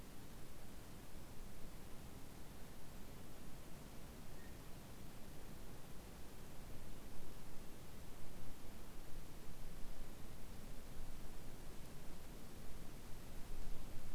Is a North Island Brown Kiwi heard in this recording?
no